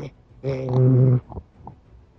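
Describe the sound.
A person imitates a huge reptile purring: one loud, sustained, low rumbling growl lasting under a second, followed by a few soft breathy vocal sounds.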